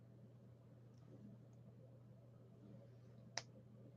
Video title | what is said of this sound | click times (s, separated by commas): MG RX-78-2 Ver. 3.0 (Legs) - Sometimes There Are Hurdles | Nice, satisfying snap. | 3.4 s